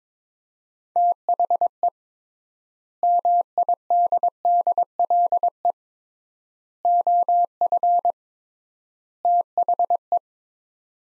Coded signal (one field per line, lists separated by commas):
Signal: Morse code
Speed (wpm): 22 wpm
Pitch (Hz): 700 Hz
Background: none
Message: THE MIDDLE OF THE